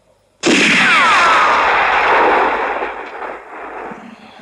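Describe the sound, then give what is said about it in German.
Gunfire from the final shootout at a cemetery in the film Django, as Django hammers down his pistol's hammer with a bleeding hand, erupts suddenly and loudly, a dense roaring blast that holds for a couple of seconds with a faint descending whine, then slowly tapers off. No one speaks. “Django selbst sorgt für das finale Shootout.”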